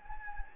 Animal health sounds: mosquito wingbeat signal from an infrared sensor; Anopheles gambiae

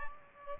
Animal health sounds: mosquito wingbeat signal from an infrared sensor; Aedes aegypti

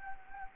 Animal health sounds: mosquito wingbeat signal from an infrared sensor; Anopheles gambiae

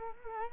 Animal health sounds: mosquito wingbeat signal from an infrared sensor; Culex quinquefasciatus

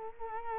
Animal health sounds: mosquito wingbeat signal from an infrared sensor; Culex quinquefasciatus

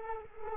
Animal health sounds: mosquito wingbeat signal from an infrared sensor; Culex quinquefasciatus

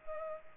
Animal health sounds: mosquito wingbeat signal from an infrared sensor; Culex pipiens

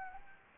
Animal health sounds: mosquito wingbeat signal from an infrared sensor; Anopheles gambiae

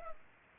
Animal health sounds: mosquito wingbeat signal from an infrared sensor; Culex pipiens

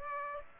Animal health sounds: mosquito wingbeat signal from an infrared sensor; Aedes aegypti

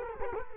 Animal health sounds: mosquito wingbeat signal from an infrared sensor; Culex quinquefasciatus

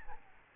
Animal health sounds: mosquito wingbeat signal from an infrared sensor; Aedes albopictus

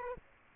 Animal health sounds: mosquito wingbeat signal from an infrared sensor; Aedes aegypti

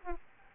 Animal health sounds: mosquito wingbeat signal from an infrared sensor; Aedes albopictus

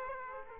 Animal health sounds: mosquito wingbeat signal from an infrared sensor; Aedes aegypti

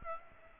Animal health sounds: mosquito wingbeat signal from an infrared sensor; Aedes aegypti

